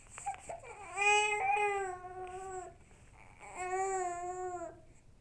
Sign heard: Baby Cry.